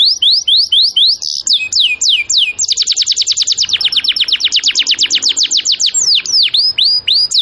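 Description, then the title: Canary song: fast series of rising and falling whistled sweeps, then rapid repeated trills around high pitch, ending with looping downward-and-up notes. Canary in cengkok song style, luxury (mewah) variant, used as a master recording for training birds. "Cengkok Kenari Mewah. MASTERAN KENARI CENGKOK mewah"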